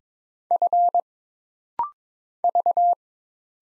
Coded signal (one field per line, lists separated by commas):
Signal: Morse code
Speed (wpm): 22 wpm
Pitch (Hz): 700 Hz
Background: none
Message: F V